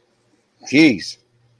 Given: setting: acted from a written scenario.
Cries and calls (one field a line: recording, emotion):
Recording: vocal sound without words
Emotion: negative surprise